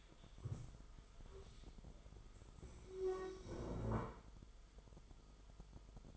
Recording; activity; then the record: daily activity, microphone in the room; stand up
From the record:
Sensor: 5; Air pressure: 1005.5 hPa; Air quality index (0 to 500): 104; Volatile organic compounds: 2 ppm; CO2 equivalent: 1270 ppm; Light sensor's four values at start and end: 34/78/31/29 and 34/78/31/29